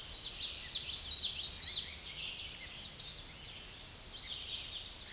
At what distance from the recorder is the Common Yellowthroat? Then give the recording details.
about 30 m. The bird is about 15 m above the microphone. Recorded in a Pennsylvania forest on 16 May 2024 at 07:21. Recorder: AudioMoth, point MSD-0215. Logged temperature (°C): 16.1 °C. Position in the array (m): 27 m, 148 m